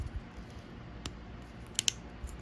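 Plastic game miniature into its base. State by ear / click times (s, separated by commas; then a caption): seated / 1.8 s, 1.9 s. A plastic board-game miniature is pressed into its plastic base. There is a faint tick near 1.1 seconds, then two sharp, short clicks at 1.8 and 1.9 seconds as the figure seats in the base. No one talks during the clip.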